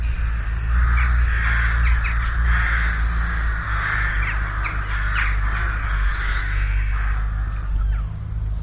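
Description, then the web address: Crow cawing, harsh cawing calls repeated in a fast, uneven series over a steady low hum. Holophonic recording. "olofonia Craws"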